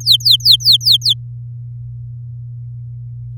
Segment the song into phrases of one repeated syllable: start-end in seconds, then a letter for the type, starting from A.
0.00-1.14 A